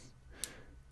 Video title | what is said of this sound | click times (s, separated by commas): SeriousWatches - How to change a leather watch strap | you go I'm not sure if the microphone picked it up but just wiggle it around until you hear the click now | 0.4 s